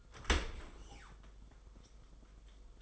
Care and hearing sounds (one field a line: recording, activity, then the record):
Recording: daily activity, microphone in the room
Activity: open dishwasher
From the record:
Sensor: 5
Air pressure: 990.6 hPa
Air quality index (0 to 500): 161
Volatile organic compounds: 261 ppm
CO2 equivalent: 4390 ppm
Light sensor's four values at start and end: 36/112/43/46 and 36/111/43/45